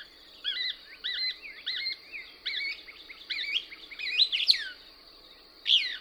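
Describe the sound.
Couch's Kingbird calls, series of short bent chirps repeated steadily, then a few louder sharp notes near the end.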